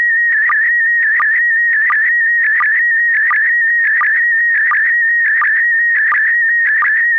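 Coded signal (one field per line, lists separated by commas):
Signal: SSTV (slow-scan television)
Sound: steady warbling whistle-like tone with a short low blip about every 0.7 seconds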